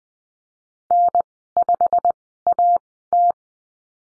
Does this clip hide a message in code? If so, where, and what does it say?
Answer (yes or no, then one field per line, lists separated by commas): yes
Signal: Morse code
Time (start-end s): 0.9-3.3 s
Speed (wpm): 20 wpm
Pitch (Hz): 700 Hz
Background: none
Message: N5AT